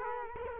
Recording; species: mosquito wingbeat signal from an infrared sensor; Culex quinquefasciatus